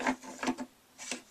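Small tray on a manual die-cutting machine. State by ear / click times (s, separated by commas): not seated / none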